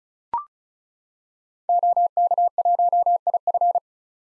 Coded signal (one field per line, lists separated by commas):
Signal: Morse code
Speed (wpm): 36 wpm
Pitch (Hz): 700 Hz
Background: none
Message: OK1IF